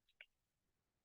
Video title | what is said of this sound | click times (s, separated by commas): PAPR Training | can hear a lot of bumps or sorry a lot of Pops as you push this down | 0.2 s